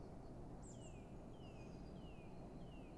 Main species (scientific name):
Cyanistes caeruleus